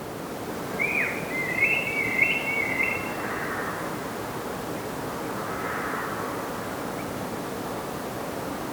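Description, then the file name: Common blackbird song: one flowing phrase of fluted whistles in the first three seconds, then only faint traces and constant background noise. "Turdus merula"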